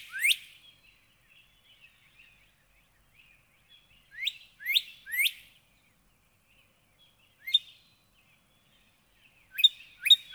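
Northern cardinal song: scattered upslurred whistles, singly and in small groups, with long quiet gaps between them, plus faint soft notes in the background.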